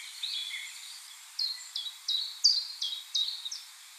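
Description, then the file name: Common blackbird calls: a run of about seven sharp, downslurred high notes spaced roughly every third of a second. "Turdus merula"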